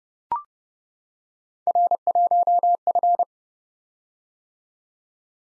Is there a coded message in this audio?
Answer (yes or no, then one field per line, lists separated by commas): yes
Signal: Morse code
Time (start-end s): 1.7-3.2 s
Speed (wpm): 30 wpm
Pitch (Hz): 700 Hz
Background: none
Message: R1F